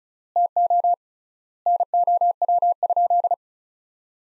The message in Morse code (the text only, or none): TO NOW?